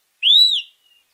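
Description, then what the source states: Akohekohe call, a single bright whistled note that rises then falls slightly, lasting about half a second, followed by a faint trailing tone; no other sounds. Critically endangered native Hawaiian songbird endemic to the island of Maui; dark with silver flecks on face and upper breast, bright orange patches around eyes and nape, and a white forehead tuft.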